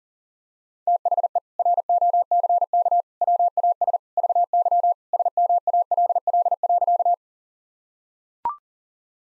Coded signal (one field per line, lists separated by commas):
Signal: Morse code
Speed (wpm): 40 wpm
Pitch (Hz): 700 Hz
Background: none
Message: THE ROCK WAS VY SMALL.